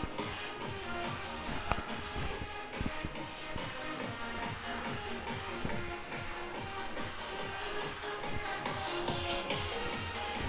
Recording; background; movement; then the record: deep breathing; music; walking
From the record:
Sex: female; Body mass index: 18.8 kg/m2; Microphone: on the chest, facing outward